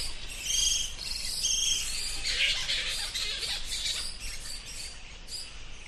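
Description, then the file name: Bats giving high, thin squeaking calls, a few sharp chirps early on, then a dense chattering wash of squeaks. "animals bats"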